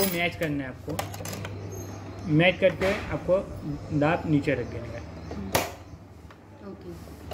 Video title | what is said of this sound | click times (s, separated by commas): LX27NT - Brother Sewing Machine - Brother Silai Machine - Unboxing & Installation - Brother Japan | देखो ये lock lock हो गया और | 5.6 s